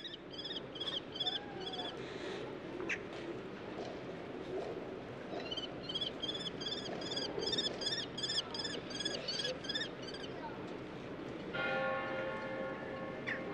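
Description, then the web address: Common kestrel calls: bursts of sharp, high repeated kee notes over a steady background hiss, with another brief sound near the end. Above the nest; several falcons flying around a church. "Swedish Bird Songs Tornfalk, Falco tinnunculus"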